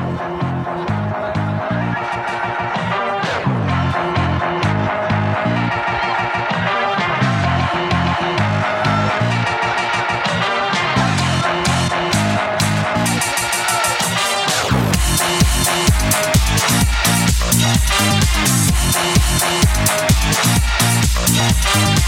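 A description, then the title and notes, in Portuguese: Loud dance music plays at a bumper car ride at a village festival, dense and steady in volume throughout. Around fifteen seconds a hard, regular beat with crisp, bright hi-hats kicks in, driving the track faster and fuller to the end. Os carrinhos de choque das festas do senhô.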